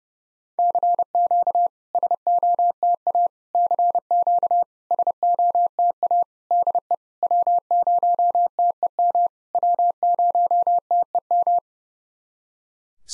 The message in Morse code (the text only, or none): CQ SOTA CQ SOTA DE W0TEM W0TEM